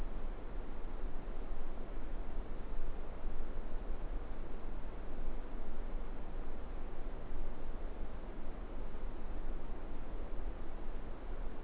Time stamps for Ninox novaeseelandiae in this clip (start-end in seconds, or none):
none